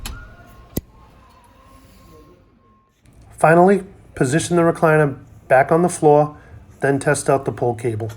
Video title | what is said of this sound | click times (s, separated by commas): D ring Cable replacement | press firmly until the retainer clip clicks into place | 0.8 s